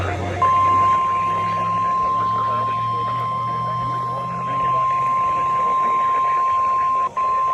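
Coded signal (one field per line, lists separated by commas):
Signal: Emergency Alert System (SAME) tones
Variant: 1050 Hz attention tone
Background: speech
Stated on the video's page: Required weekly tests from several NOAA Weather Radio stations, one heard as a double header, recorded alongside an outdoor siren tested together with the weather radio test.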